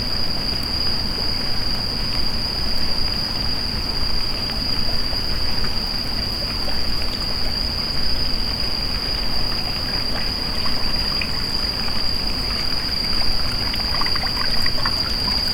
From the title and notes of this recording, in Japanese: とある日のエナジードリンク回に行く夜道。収録の前に飲んでいるエナジードリンクを切らしてたので、買いに夜の散歩に出かけました。台風の前の日でしたが、なんとか大丈夫でした。Mic: Mu6 Lifelike2。